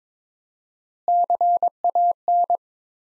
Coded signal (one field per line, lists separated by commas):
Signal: Morse code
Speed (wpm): 21 wpm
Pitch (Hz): 700 Hz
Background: none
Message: CAN